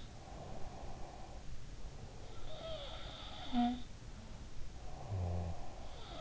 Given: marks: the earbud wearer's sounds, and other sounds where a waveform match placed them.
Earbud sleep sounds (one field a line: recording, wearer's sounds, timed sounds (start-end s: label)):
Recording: sounds in sleep by an in-ear microphone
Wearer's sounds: breath, snoring breath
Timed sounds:
0.00-0.93 s: sound from someone else or the room
0.08-2.68 s: breath
2.16-4.66 s: sound from someone else or the room
4.66-6.16 s: snoring breath